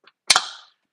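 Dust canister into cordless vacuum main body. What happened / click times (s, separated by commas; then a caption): The plastic canister snapped home into the body / 0.3 s. A clear plastic bin canister is pushed fully into the main body of a Dyson cordless vacuum. After a faint tap at 0.1 s, it latches with a sharp, bright click at 0.3 s, followed quickly by a second snap and a short ringing tail. The canister is seated.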